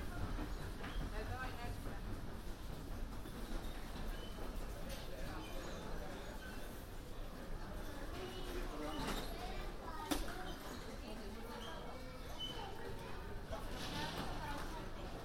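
Breakfast in a busy hotel on London's New Year's Eve: overlapping chatter fills the room over a steady low rumble, with occasional clinks throughout.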